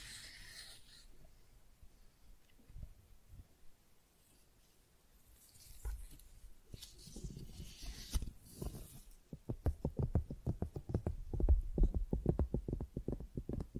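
Soft rustling and brushing of flowers, quiet at first, then a burst of bright crinkling, ending in quick rhythmic scratching taps.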